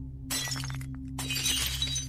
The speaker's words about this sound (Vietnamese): buông cái hũ rơi xuống đánh xoảng một tiếng. Âm thanh đổ vỡ vang vọng trong đêm.